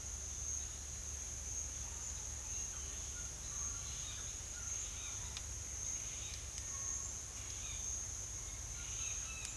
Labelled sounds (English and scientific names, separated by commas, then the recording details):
none
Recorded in secondary vegetation near Puerto Asís, Putumayo, Colombia, on 30 June 2025 at 10:30
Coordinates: 0.498, -76.327
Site GP09